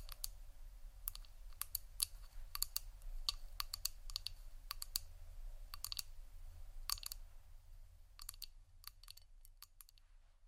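Tapping on hard objects, a series of sharp, bright clicks spaced irregularly, sometimes in quick pairs or clusters, about two or three per second. Beneath the taps runs a steady low hum, and the taps thin out and soften toward the end.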